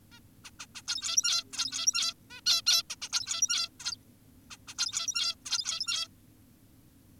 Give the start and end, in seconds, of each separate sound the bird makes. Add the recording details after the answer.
0.12-0.20, 0.45-0.50, 0.60-0.66, 0.75-0.82, 0.88-1.44, 1.53-2.14, 2.30-2.41, 2.46-2.62, 2.67-2.83, 2.90-2.96, 3.02-3.09, 3.12-3.69, 3.80-3.97, 4.51-4.57, 4.68-4.74, 4.78-5.35, 5.46-6.08. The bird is an adult. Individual g17y2U